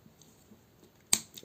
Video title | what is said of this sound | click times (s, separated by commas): Newage Construction Carcel Review | click it into place and there he is | 1.1 s